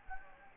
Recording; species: mosquito wingbeat signal from an infrared sensor; Anopheles gambiae